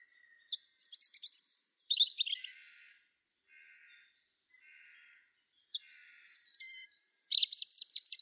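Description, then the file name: European robin song: high, thin warbling phrases mixing sweet whistles and rapid twittering trills, one phrase early, a pause, then a short phrase and a faster, busier phrase near the end. "Erithacus rubecula"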